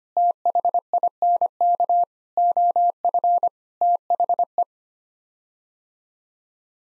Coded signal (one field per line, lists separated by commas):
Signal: Morse code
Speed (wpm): 25 wpm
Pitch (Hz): 700 Hz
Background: none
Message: THINK OF THE